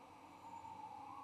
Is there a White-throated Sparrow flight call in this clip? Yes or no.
no